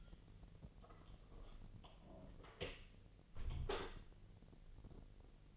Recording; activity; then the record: daily activity, microphone in the room; close door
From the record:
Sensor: 4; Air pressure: 1002.2 hPa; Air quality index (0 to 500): 249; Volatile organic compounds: 41 ppm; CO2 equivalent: 3172 ppm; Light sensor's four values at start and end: 10/22/9/8 and 10/23/9/8